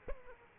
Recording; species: mosquito wingbeat signal from an infrared sensor; Aedes aegypti